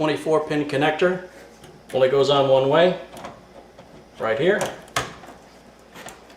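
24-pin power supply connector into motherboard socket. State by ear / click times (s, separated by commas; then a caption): seated / 5.0 s. Someone talks while a 24-pin power supply connector is pressed onto the motherboard's power socket. It gives a sharp snap at 5.0 s as it seats in place, followed by a fainter tick at 6.1 s.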